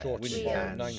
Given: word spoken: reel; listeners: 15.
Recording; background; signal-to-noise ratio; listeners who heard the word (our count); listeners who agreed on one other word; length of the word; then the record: one English word in noise, from a listening test; four-talker babble; -2.6 dB; 0 of 15; 7 of 15; 0.59 s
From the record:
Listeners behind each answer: 7, 2, 1, 1, 1, 1, 1, 1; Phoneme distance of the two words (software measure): 10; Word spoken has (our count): 1 syllable, 3 phonemes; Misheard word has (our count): 1 syllable, 3 phonemes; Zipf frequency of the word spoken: 3.56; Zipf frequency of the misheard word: 5.53